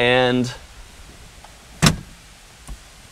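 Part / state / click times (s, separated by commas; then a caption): folding soft top roof into its stowed latch on a roadster / seated / 1.9 s. Someone talks briefly as the folded soft-top roof of a Mazda roadster is pushed down into its stowed position. A sharp latch click sounds at 1.9 s as the roof seats, followed by a faint tap at 2.7 s.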